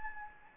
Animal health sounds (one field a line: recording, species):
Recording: mosquito wingbeat signal from an infrared sensor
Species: Anopheles gambiae